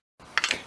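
After being cleaned, a brush drive part is pushed back into the plastic housing of a carpet shampooer. A sharp plastic snap at 0.4 s is followed by two softer clicks at 0.4 and 0.5 s. The part snaps in and is seated.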